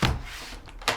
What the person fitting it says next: Locks in place.